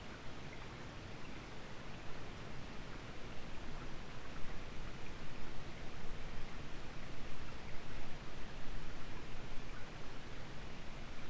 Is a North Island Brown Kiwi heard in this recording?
no